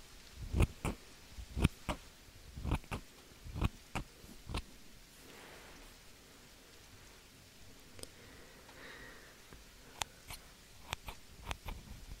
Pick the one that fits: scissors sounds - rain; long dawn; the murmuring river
scissors sounds - rain